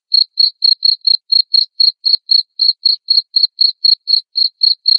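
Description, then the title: Cricket chirping in a brisk, regular rhythm of high pulses, around four per second. Loud cricket chirping (ngerik) played to make lovebirds sing continuously (ngekek). "Suara JANGKRIK NGERIK Keras Bikin LOVEBIRD Jadi NGEKEK Terus Vubey"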